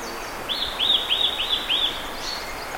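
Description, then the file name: Eurasian nuthatch giving a short run of several clear, arched whistled notes in quick succession against a hissing background. "Sitta europaea"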